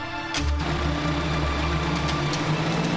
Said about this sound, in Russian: По ночному лесу едет УАЗ милиции.